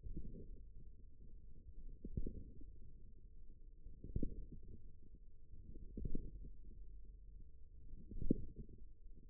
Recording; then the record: forearm muscle sounds (acoustic myography)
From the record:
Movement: radial deviation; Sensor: system 1, eight BSWA MPA416 microphones around the upper forearm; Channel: 7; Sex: male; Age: 41 years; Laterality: right